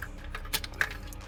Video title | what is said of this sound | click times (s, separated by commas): Toyota LandCruiser 100 Series 2005 - 2007 Head Unit Installation Guide | should hear a click | 0.8 s